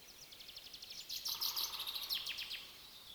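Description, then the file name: Common chaffinch song: a rapid run of sharp repeated notes descending in pitch and closing with a quick flourish. "Fringilla coelebs"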